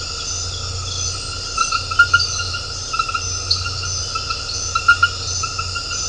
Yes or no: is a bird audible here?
no